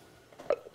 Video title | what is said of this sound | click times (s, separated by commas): The American Woodshop - 3012 - Easy Inlay Turned Boxes | so on a good box, the lid should fit like that, it should be tight, and you should hear that little click. | 0.5 s